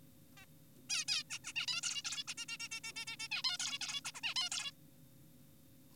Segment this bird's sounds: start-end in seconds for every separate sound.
0.37-0.46, 0.90-1.05, 1.08-1.24, 1.30-1.39, 1.44-1.53, 1.56-1.66, 1.68-1.81, 1.83-2.02, 2.05-2.24, 2.28-2.34, 2.38-2.46, 2.49-2.57, 2.60-2.68, 2.72-2.80, 2.84-2.92, 2.96-3.05, 3.07-3.16, 3.20-3.28, 3.32-3.42, 3.44-3.58, 3.60-3.79, 3.81-4.01, 4.05-4.12, 4.15-4.21, 4.24-4.34, 4.36-4.50, 4.52-4.71